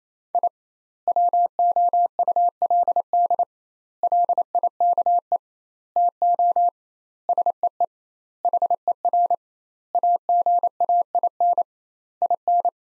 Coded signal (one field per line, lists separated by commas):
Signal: Morse code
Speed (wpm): 28 wpm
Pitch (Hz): 700 Hz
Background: none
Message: I WOULD LIKE TO SEE HER AGAIN IN